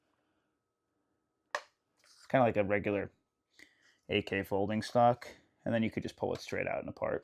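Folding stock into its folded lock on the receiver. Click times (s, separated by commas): 1.6 s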